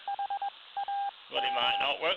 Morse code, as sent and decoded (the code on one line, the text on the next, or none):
.... .- --
HAM